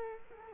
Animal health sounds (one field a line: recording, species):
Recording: mosquito wingbeat signal from an infrared sensor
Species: Culex quinquefasciatus